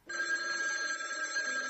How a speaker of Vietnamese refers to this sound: Chuông điện thoại reo ngắt lời tôi. Điện gọi từ văn phòng khách sạn.